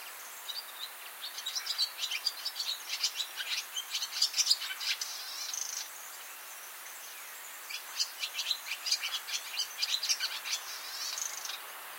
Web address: Barn Swallow